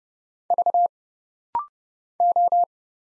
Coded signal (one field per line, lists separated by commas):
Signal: Morse code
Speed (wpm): 31 wpm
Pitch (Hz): 700 Hz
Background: none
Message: V O